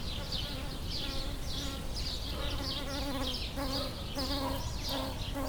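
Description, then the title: Bumblebee humming, its drone partly covered by a noisy background throughout. Bumblebees approaching flowering lavender, recorded with a pair of microphones placed in the lavender plant. "Abejorros En Flor"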